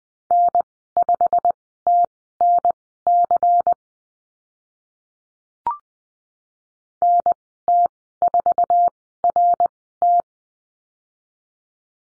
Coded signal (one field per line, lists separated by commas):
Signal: Morse code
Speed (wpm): 20 wpm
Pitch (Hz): 700 Hz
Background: none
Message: N5TNC NT4RT